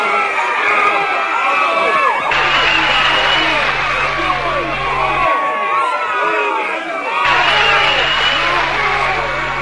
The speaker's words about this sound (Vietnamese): Có rất nhiều tiếng lao xao, tiếng huýt sáo nổi lên đó đây.